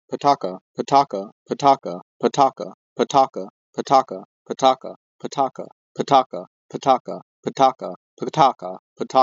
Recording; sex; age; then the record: repeated syllables /pa ta ka/; male; 20 to 29 years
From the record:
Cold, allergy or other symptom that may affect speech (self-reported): no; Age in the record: 26 years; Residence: Florida, United States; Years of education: 18